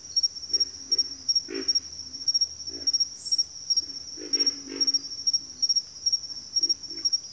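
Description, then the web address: Pig frog: low croaking grunts from pig frogs, some in quick pairs, with a rhythmic shrill insect pulse running throughout. Pig frogs calling in a bayou. "Nature Sounds The Natural Sounds of the Wilderness Echoes of Nature - Bayou Pig Frogs"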